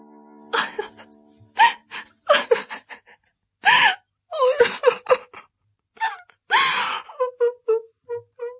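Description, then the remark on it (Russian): A young woman sitting on a bench in a garden toward evening sobs and weeps in broken, uneven bursts, catching her breath with gasps and hiccup-like sniffles between wavering, whimpering cries, fairly loud and with no words spoken. “Села на лавку и, конечно, заплакала горючими слезами.”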